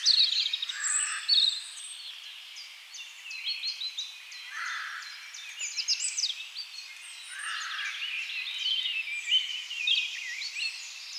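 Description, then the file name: European robin singing a varied run of high, liquid twittering phrases, each different, separated by short gaps, with a few lower notes mixed in. "Erithacus rubecula"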